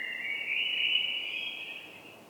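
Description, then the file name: Common blackbird: one drawn-out whistled note, rising slightly and then holding steady before fading, over faint background hiss. "Turdus merula"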